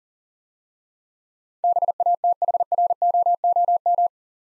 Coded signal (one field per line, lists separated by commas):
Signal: Morse code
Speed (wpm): 40 wpm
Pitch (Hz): 700 Hz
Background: none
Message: BATHROOM